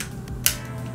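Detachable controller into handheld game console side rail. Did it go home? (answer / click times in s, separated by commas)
yes / 0.5 s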